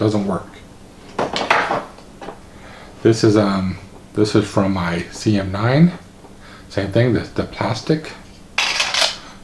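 Someone talks while a CM9 pistol magazine with a plastic base is pushed up into the magazine well of a Sarsilmaz K12 Sport pistol. At about 8.6 s there is a sharp knock as the magazine hits inside the well, not a latch click. It goes up but does not lock in place, so nothing has seated or clicked.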